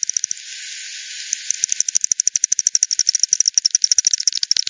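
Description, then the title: Bat echolocation calls, a few dry ticking pulses, a pause, then a dense, steady run of rapid clicks. Multiple bats at Hogsmill River, Hogsmill Lane, 7 October 2020, 18:10 UTC; recorded via frequency division by ten, band-pass filtered, resampled. "bat 20201007 T 18 : 10 Z-Hogsmill-Lane-Hogsmill-River-multiple-bats"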